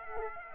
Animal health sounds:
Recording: mosquito wingbeat signal from an infrared sensor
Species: Aedes aegypti

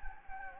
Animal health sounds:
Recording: mosquito wingbeat signal from an infrared sensor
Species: Anopheles gambiae

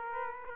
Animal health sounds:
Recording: mosquito wingbeat signal from an infrared sensor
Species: Aedes aegypti

